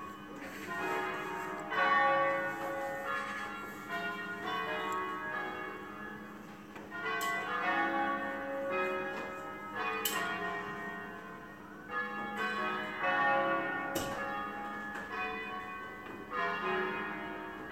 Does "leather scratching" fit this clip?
no